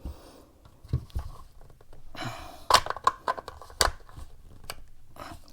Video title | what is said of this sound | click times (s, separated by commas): Reviewing Zastava's Current M85PA Classic & M85TAC Tactical 5.56mm AKSU Pistols | heard it click just a little bit so it's just going in far enough to uh | 3.8 s